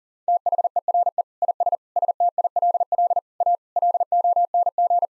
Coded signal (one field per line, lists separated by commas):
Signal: Morse code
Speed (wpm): 37 wpm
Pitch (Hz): 700 Hz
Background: none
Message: THERE IS STILL A LONG